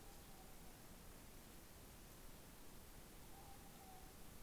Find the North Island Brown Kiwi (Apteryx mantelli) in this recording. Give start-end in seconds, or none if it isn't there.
none